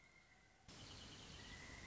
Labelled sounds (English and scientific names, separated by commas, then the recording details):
Pileated Woodpecker (Dryocopus pileatus)
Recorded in Sonoma County, California